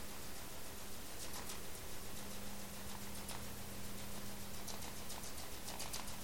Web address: data raw sperm Whale Clicks sog-onc 20180327